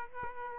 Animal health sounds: mosquito wingbeat signal from an infrared sensor; Aedes aegypti

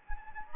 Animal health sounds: mosquito wingbeat signal from an infrared sensor; Anopheles gambiae

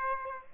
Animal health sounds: mosquito wingbeat signal from an infrared sensor; Aedes aegypti

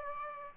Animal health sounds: mosquito wingbeat signal from an infrared sensor; Aedes aegypti

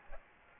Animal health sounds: mosquito wingbeat signal from an infrared sensor; Aedes aegypti

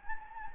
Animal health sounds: mosquito wingbeat signal from an infrared sensor; Anopheles gambiae

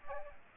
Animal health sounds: mosquito wingbeat signal from an infrared sensor; Aedes aegypti

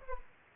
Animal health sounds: mosquito wingbeat signal from an infrared sensor; Aedes aegypti

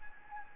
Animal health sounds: mosquito wingbeat signal from an infrared sensor; Anopheles gambiae

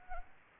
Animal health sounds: mosquito wingbeat signal from an infrared sensor; Anopheles gambiae

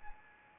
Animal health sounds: mosquito wingbeat signal from an infrared sensor; Anopheles arabiensis

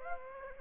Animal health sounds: mosquito wingbeat signal from an infrared sensor; Aedes aegypti

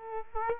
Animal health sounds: mosquito wingbeat signal from an infrared sensor; Culex quinquefasciatus

